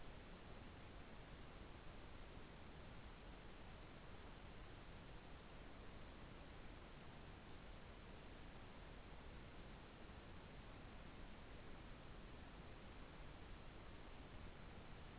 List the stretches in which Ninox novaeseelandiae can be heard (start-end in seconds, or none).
none